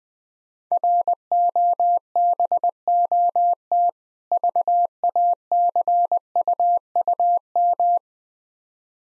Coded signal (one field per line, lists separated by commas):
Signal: Morse code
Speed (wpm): 20 wpm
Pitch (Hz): 700 Hz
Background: none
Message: ROBOT VACUUM